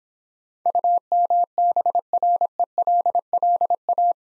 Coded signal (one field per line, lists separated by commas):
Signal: Morse code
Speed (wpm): 25 wpm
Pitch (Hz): 700 Hz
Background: none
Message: UMBRELLA